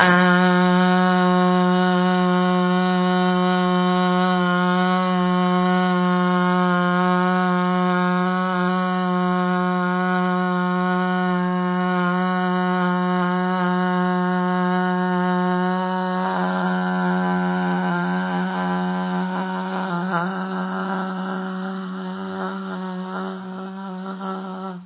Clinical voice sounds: sustained vowel /a/; female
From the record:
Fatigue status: no fatigue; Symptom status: symptomatic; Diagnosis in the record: COVID-19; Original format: 3gp

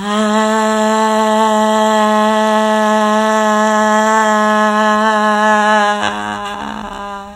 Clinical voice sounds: sustained vowel /a/; female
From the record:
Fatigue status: no fatigue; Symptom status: asymptomatic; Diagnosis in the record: COVID-19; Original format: m4a

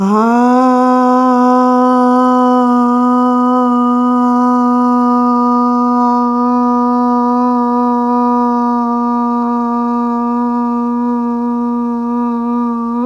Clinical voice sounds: sustained vowel /a/; female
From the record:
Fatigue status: no fatigue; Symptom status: asymptomatic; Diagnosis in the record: COVID-19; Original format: m4a

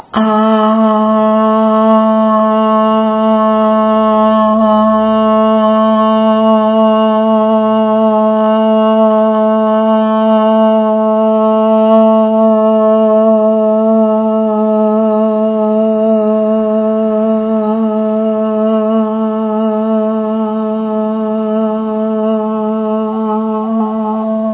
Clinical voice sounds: sustained vowel /a/; female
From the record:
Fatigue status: fatigue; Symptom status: symptomatic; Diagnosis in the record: COVID-19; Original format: 3gp

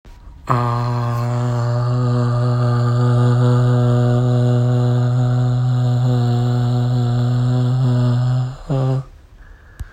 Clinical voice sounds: sustained vowel /a/; male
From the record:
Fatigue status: fatigue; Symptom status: symptomatic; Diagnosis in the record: COVID-19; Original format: m4a

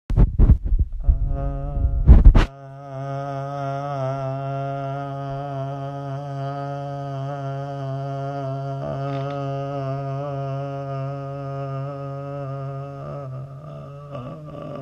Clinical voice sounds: sustained vowel /a/; male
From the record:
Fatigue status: no fatigue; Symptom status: asymptomatic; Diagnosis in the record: COVID-19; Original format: m4a

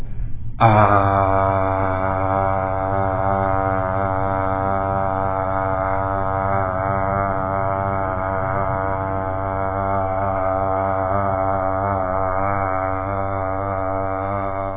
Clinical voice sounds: sustained vowel /a/; male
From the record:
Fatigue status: fatigue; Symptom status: symptomatic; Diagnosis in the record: COVID-19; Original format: 3gp

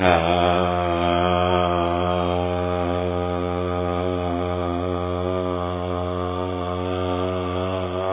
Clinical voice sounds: sustained vowel /a/; male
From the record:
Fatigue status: no fatigue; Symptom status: asymptomatic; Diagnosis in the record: COVID-19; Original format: 3gp

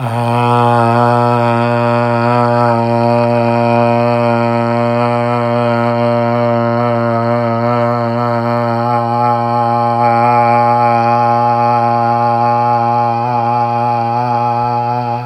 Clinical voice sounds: sustained vowel /a/; male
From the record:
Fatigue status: fatigue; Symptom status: symptomatic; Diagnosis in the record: COVID-19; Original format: m4a

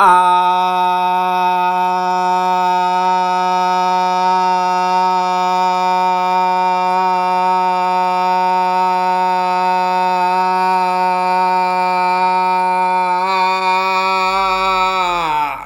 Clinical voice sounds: sustained vowel /a/; male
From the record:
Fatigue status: no fatigue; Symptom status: asymptomatic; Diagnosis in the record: COVID-19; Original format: m4a

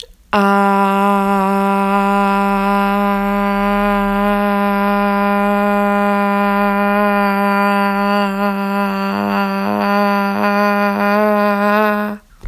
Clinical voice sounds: sustained vowel /a/; female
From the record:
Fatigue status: no fatigue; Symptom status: asymptomatic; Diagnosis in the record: COVID-19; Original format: m4a

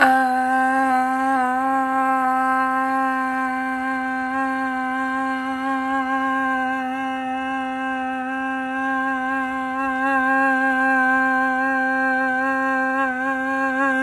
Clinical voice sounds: sustained vowel /a/; female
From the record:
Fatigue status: no fatigue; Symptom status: symptomatic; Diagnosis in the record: COVID-19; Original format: m4a

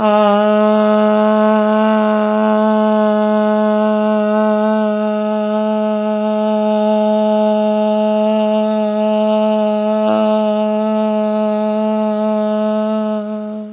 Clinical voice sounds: sustained vowel /a/; female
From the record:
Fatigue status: no fatigue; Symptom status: symptomatic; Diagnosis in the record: COVID-19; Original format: 3gp

